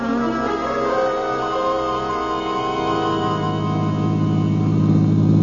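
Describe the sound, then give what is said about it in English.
A car engine runs with a steady, droning hum full of layered tones, growing slightly louder and rougher toward the end, with no voices over it. “Gee, where'd you get a car like this?”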